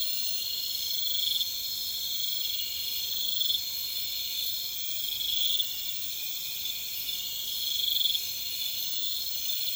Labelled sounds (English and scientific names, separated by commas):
none